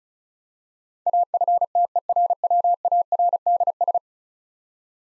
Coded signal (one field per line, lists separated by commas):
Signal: Morse code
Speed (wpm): 36 wpm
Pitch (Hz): 700 Hz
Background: none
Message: AFTERWARDS